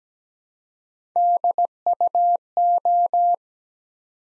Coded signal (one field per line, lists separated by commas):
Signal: Morse code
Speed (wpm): 17 wpm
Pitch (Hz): 700 Hz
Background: none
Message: DUO